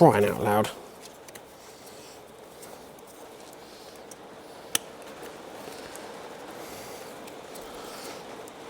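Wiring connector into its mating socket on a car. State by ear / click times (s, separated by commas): seated / 4.8 s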